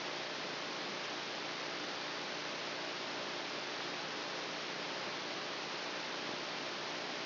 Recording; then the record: brain microelectrode recording played as sound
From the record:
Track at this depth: outside the subthalamic nucleus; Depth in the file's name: 6.004 mm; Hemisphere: left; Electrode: 2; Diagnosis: Parkinson's disease